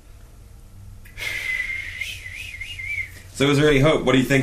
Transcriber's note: whistling sounds